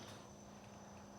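The red activator cap on the bottom of a 2K two-component primer aerosol can is being pressed against the ground to puncture the inner hardener chamber and release the hardener into the primer. Only low, steady handling noise with a faint constant hum is heard, and no one talks. Nothing has snapped or seated yet.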